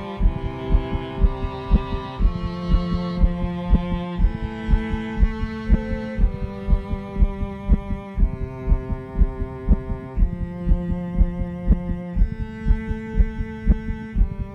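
Steady, regular low heart thumps, about 120 a minute, of an adult patient near the end of life, picked up with an electronic digital stethoscope during a music therapy session. The heartbeat was cleaned of extra noise, looped, and set beneath sustained held chords of a song without lyrics, with the heartbeat kept prominent.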